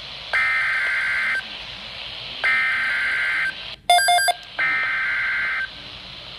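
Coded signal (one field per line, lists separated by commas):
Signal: Emergency Alert System (SAME) tones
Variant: header bursts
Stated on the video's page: High wind watch alerts received on a weather radio with a weak, unclear signal; the watch alarm tone was shut off right away.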